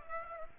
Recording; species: mosquito wingbeat signal from an infrared sensor; Aedes aegypti